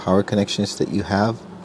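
A PCIe power connector is being handled at a graphics card during reseating of the power supply connections. Someone talks throughout, with faint background hum. Nothing has seated or clicked yet.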